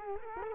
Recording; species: mosquito wingbeat signal from an infrared sensor; Culex quinquefasciatus